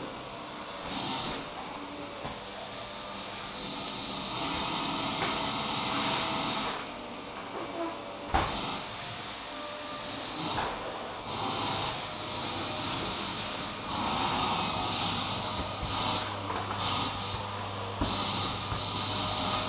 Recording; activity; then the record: daily activity, microphone in the room; vacuum cleaning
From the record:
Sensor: 1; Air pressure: 995.3 hPa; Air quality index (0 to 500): 25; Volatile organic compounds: 1 ppm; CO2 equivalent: 508 ppm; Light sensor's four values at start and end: 17/58/21/23 and 17/57/21/23